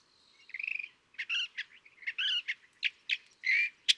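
California thrasher sings a buzzy trill followed by loud, varied harsh notes and slurred whistles in an irregular, rambling sequence.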